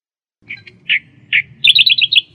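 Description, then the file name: Australian reed warbler song: a few harsh, chirpy notes, then a fast run of repeated buzzy chips, with a faint low hum beneath. "suara kicauan burung kerakbasi australia. omkicau"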